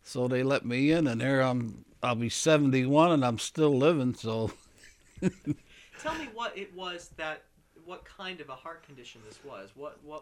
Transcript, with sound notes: So they let me in. And here I am. I'll be seventy one and I'm still living, so... (he laughs)
Tell me what it was that, what kind of a heart condition this was, what, what...?